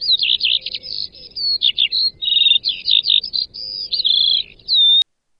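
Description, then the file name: Eurasian skylark singing a rich, jumbled stream of high warbled and buzzy notes, ending on a drawn-out whistle before cutting off. Male bird. "ciocarlie mascul"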